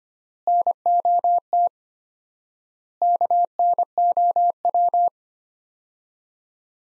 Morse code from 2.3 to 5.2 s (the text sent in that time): KNOW